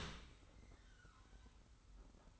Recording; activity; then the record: daily activity, microphone in the room; open dishwasher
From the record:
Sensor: 3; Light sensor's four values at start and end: 51/140/57/50 and 51/140/57/50